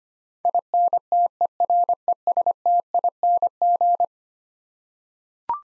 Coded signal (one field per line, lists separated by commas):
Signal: Morse code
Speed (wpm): 25 wpm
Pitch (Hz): 700 Hz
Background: none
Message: INTERESTING